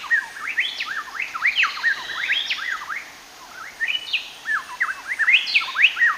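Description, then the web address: Plain-tailed wren song, rapid overlapping whistled phrases swooping up and down, with a brief pause midway before resuming. Ecuador. "Natures Songs S America Birds of Ecuador Plain-tailed Wren"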